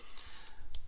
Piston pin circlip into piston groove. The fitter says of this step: there you heard the snap